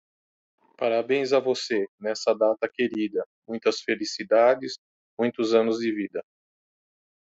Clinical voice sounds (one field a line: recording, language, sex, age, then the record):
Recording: short text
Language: Brazilian Portuguese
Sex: male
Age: 50 to 59 years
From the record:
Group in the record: control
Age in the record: 53 years